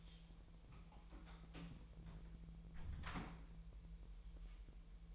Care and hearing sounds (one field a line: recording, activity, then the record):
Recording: daily activity, microphone in the room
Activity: close door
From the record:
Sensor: 1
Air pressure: 1001.5 hPa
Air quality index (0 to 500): 249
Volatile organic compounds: 126 ppm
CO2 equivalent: 3906 ppm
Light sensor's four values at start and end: 9/21/8/9 and 9/21/8/9